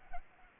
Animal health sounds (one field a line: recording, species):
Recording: mosquito wingbeat signal from an infrared sensor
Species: Culex pipiens